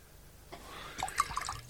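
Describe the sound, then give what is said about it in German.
Wine glugs and splashes into a glass in a short pour, with bright bubbly trickles and a few ringing glassy tones rising as it fills. No voices. “Noch ein Glas Wein.”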